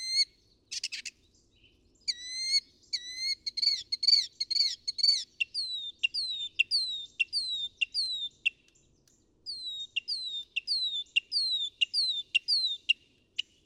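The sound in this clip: Northern mockingbird song: varied whistled phrases, then clear downslurred notes repeated in quick succession, the singer changing pattern every few seconds.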